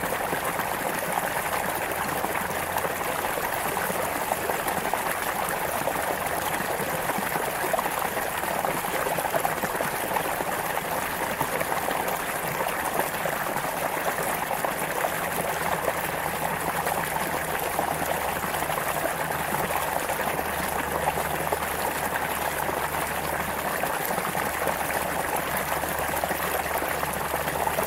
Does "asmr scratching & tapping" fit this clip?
no